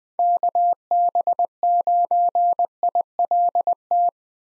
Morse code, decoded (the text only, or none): KB9ILT